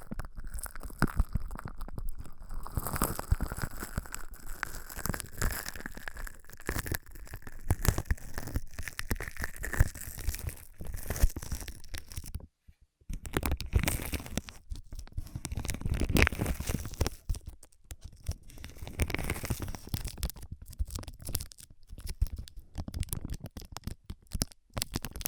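Ear massage and cleaning sounds: dense crinkly, crackling rubbing with scratchy bursts throughout, a brief silence near thirteen seconds, then uneven patting resumes.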